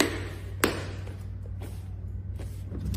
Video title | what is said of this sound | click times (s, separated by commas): Montagem Moto / Scooter Fx2 Duos Bike | direção da furação e empurra até dar o clique. | 0.0 s, 0.6 s